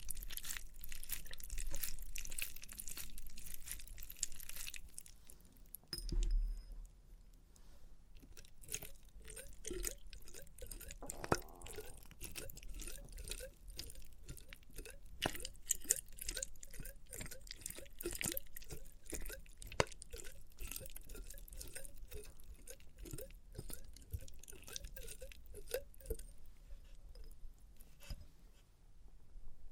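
Experimental triggers in test tubes: a dense run of small clicks, taps and crackles continues for the whole half minute at a fairly even, quick pace. The first few seconds sound hissier and fuller, with a louder knock near six seconds, and a low rumble sits underneath throughout.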